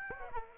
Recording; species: mosquito wingbeat signal from an infrared sensor; Aedes aegypti